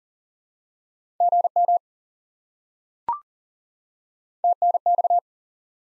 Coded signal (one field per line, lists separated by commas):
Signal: Morse code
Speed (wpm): 40 wpm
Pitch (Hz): 700 Hz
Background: none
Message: GM TNX